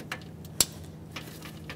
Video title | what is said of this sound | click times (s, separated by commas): How to Replace Radiator 1994-1997 Honda Accord 2.2L L4 | attach your electrical connector along the driver's side we're going to press this in listen for a click | 0.6 s